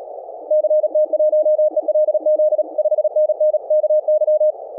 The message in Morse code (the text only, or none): CT1ELZ 5NN KY